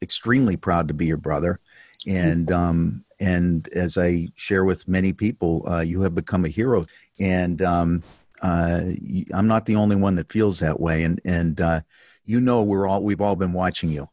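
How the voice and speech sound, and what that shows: One adult man speaks in a low, steady voice at a relaxed conversational pace in a quiet room. He uses frequent ordinary fillers and repeated 'and um' with short pauses and a brief laugh. Voice quality and articulation are clear and fluent.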